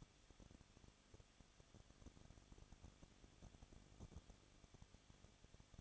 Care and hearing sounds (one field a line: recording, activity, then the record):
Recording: daily activity, microphone in the room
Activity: no activity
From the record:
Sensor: 4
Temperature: 23.0 degrees Celsius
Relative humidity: 34.2%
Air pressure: 1007.3 hPa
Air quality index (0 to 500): 217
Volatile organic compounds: 15 ppm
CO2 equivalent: 2516 ppm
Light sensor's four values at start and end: 2/3/1/1 and 2/3/1/1